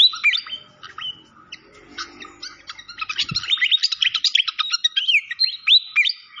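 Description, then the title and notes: Malaysian pied fantail song: a few loose whistled slurs and chips, then a quickening run of twittering notes and downward-bending whistles. Clear-voiced song on a masteran (training recording). "Masteran Sikatan Kipas Suara Jernih Dan Suara Gemericik Air. Suara Burung Sikatan Londo"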